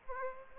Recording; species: mosquito wingbeat signal from an infrared sensor; Aedes aegypti